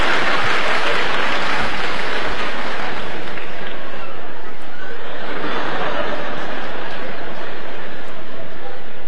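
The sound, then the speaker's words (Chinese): An audience breaks into loud, sustained applause, a dense crackle of many clapping hands that continues steadily for about nine seconds, with scattered laughter mixed in. “亲爱的观众还真热情啊，我爸爸都半身不遂了，您还鼓掌呢。”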